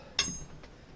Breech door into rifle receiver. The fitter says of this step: pop into place there and you can tell once you catch it then